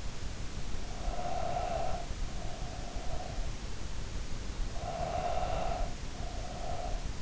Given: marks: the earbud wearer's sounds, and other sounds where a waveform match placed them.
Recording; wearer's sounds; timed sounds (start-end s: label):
sounds in sleep by an in-ear microphone; breath
0.75-3.66 s: breath
4.65-7.22 s: breath